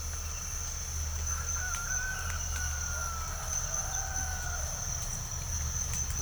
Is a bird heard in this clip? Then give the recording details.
no. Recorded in pastures near Puerto Asís, Putumayo, Colombia, on 22 December 2024 at 05:30. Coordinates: 0.497, -76.327. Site G088